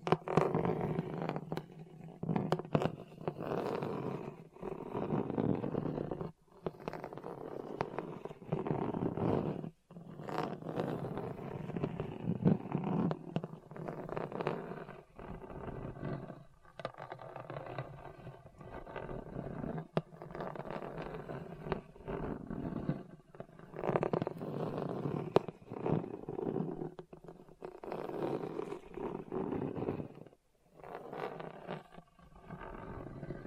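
Hard, bumpy surface scratched in a dense, rough, continuous rasp with low growling texture, broken by brief pauses near 6, 10 and 30 seconds.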